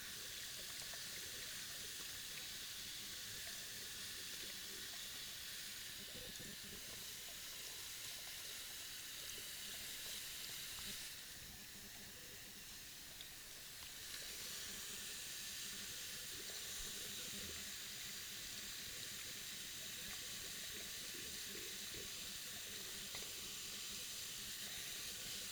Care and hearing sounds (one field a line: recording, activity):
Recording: daily activity, guitar pickup as the sensor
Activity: wash hands